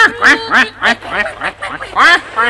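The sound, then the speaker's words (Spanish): A mother duck quacks over and over in a quick, uneven run of about eight loud, nasal, raspy calls, with no voices alongside. “No creo, excelencia. No será lindo. Cuac, cuac.”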